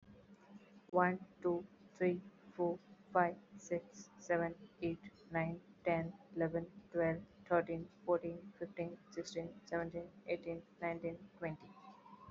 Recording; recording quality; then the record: counting at a normal pace; excellent, no background noise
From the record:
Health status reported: healthy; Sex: female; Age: 34 years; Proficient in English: yes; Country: India